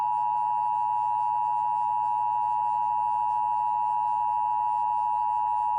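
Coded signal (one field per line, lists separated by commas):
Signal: Emergency Alert System (SAME) tones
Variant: 853 and 960 Hz attention tone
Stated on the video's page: Emergency Broadcast System test aired on WPIX television among 1978 Christmas commercials.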